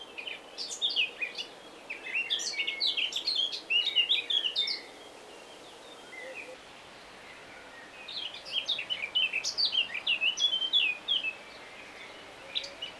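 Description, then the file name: Eurasian blackcap singing two rich, rapid warbled phrases of jumbled high notes, each around four seconds long, separated by a pause of several seconds. "Sylvia atricapilla"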